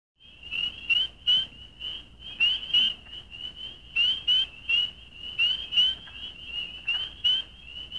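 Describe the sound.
Spring peeper giving clear, sharply rising peeps, repeated frequently, over a constant chorus of more peepers.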